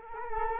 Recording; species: mosquito wingbeat signal from an infrared sensor; Culex quinquefasciatus